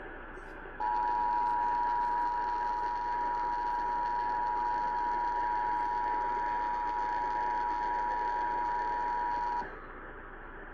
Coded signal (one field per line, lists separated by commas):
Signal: Emergency Alert System (SAME) tones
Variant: 853 and 960 Hz attention tone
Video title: Eas Fwd FFW on Wbap 820am, KSKY 660am Eas#1690- 1691)